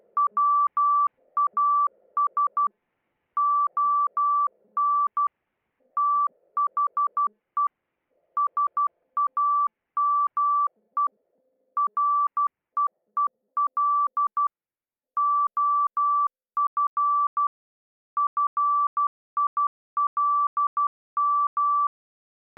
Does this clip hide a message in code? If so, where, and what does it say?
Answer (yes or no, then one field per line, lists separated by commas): yes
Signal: Morse code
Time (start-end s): 0.2-21.9 s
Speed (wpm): 12 wpm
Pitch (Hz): 1160 Hz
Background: none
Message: WAS ON THE SAME REEL OF FILM